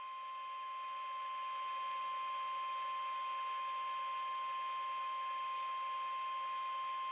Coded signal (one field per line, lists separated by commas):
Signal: Emergency Alert System (SAME) tones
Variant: 1050 Hz attention tone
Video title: (EAS #818) Thursday RWT On KIH38 9/7/2023